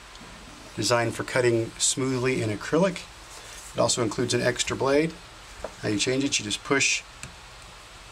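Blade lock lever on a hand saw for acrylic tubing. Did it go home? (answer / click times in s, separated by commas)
released / 7.2 s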